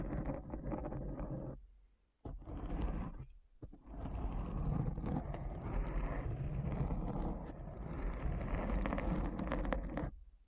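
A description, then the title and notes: Deep brain scratching sounds: dense, rough scraping with a strong low rumble, running almost continuously through the clip. Brief silences break it near two seconds and again around three and a half seconds, then the scratching continues steadily and densely until it fades out at the end. ASMR Deep Brain Scratch (No Talking).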